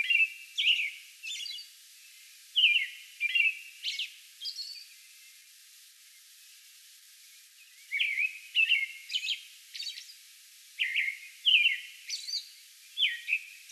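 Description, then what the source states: American robin song: clear, caroling whistled phrases in quick bursts, each mixed with thin high squeaky notes, a pause of several seconds midway, then the singing resumes. Song bout recorded on May 11.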